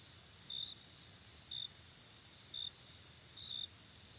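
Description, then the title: Cricket sounding brief high chirps about once per second over a continuous shrill insect drone. Night ambience. "Night Ambience with Cricket Sound"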